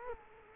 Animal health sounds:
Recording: mosquito wingbeat signal from an infrared sensor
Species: Culex quinquefasciatus

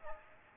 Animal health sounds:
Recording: mosquito wingbeat signal from an infrared sensor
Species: Aedes aegypti

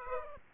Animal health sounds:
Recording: mosquito wingbeat signal from an infrared sensor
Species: Aedes aegypti

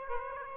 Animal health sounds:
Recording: mosquito wingbeat signal from an infrared sensor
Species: Aedes aegypti

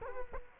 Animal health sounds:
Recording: mosquito wingbeat signal from an infrared sensor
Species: Culex quinquefasciatus

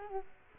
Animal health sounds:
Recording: mosquito wingbeat signal from an infrared sensor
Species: Culex quinquefasciatus

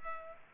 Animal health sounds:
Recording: mosquito wingbeat signal from an infrared sensor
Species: Culex pipiens

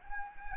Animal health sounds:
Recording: mosquito wingbeat signal from an infrared sensor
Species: Anopheles gambiae

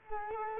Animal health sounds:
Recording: mosquito wingbeat signal from an infrared sensor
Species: Culex quinquefasciatus

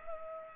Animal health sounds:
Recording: mosquito wingbeat signal from an infrared sensor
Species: Culex pipiens

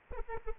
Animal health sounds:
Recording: mosquito wingbeat signal from an infrared sensor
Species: Anopheles arabiensis

